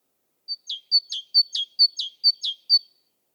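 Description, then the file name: Great tit giving a steady series of about six two-note phrases, each a high whistle followed by a lower chirpy note, repeated twice a second. "Parus major"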